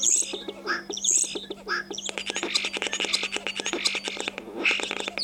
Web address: vogelstimmen star xenocanto